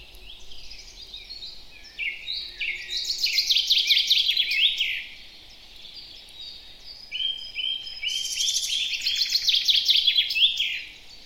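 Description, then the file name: Common chaffinch song: two phrases of rapid notes falling in pitch, separated by a pause. "Fringilla coelebs"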